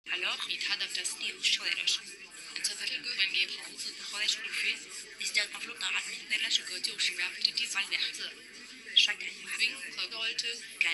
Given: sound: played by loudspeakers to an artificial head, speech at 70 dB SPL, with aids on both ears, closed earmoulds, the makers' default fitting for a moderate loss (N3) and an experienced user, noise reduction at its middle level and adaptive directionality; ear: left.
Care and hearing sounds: speech test signal (ISTS) in cocktail-party noise; -3 dB; in front (0 degrees)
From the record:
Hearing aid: class 2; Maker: H

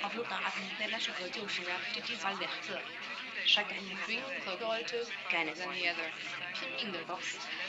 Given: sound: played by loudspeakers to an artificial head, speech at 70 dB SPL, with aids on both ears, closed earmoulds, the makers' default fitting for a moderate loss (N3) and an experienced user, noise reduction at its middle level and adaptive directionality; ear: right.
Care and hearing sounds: speech test signal (ISTS) in cocktail-party noise; 0 dB; in front (0 degrees)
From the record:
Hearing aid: class 1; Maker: F

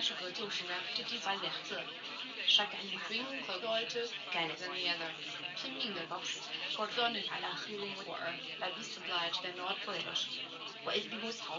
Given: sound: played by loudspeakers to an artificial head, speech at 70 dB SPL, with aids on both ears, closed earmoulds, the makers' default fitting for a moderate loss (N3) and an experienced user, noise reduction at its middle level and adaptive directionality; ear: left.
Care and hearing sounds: speech test signal (ISTS) in cocktail-party noise; +6 dB; on the right (90 degrees)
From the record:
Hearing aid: class 1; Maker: G

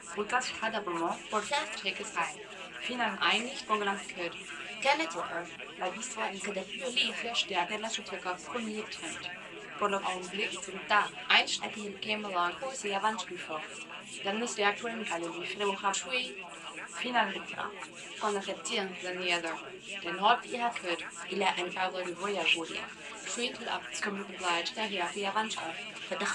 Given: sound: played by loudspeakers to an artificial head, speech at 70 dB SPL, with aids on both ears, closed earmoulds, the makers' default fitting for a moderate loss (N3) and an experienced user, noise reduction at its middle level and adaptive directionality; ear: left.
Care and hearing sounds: speech test signal (ISTS) in cocktail-party noise; +6 dB; on the right (90 degrees)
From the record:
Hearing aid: class 2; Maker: E

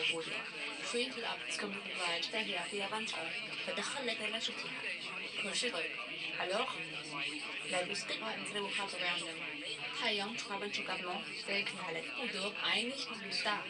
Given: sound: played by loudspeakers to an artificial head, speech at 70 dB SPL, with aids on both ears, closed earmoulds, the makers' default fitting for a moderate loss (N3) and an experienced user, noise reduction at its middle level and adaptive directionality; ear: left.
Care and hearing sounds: speech test signal (ISTS) in cocktail-party noise; +6 dB; on the right (90 degrees)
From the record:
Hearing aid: class 2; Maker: I

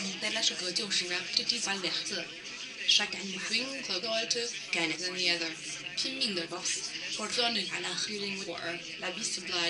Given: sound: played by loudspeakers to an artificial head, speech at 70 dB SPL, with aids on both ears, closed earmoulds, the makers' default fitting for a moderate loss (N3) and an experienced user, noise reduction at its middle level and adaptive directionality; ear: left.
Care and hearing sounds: speech test signal (ISTS) in cocktail-party noise; +9 dB; on the right (90 degrees)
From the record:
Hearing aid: class 1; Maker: B

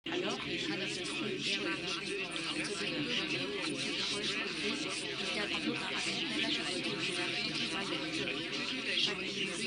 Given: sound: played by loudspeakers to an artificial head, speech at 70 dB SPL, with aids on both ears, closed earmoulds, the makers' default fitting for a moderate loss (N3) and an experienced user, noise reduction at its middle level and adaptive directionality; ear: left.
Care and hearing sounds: speech test signal (ISTS) in cocktail-party noise; -3 dB; on the right (90 degrees)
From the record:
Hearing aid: class 2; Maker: D

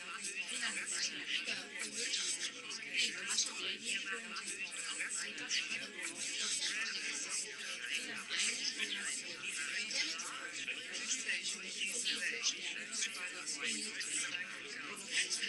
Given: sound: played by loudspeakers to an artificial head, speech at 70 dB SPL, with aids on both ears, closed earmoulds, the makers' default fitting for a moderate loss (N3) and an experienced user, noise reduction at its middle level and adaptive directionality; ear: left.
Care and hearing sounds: speech test signal (ISTS) in cocktail-party noise; -6 dB; on the right (90 degrees)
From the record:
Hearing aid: class 1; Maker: J

